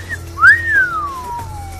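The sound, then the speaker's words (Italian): A man gives a single admiring whistle at the sight of a Smith & Wesson gun. It swoops quickly upward, then glides down in a long, smooth falling tone, clear and fairly loud over a faint low hum. “alla vista dell'arma, soffocò un fischio ammirato.”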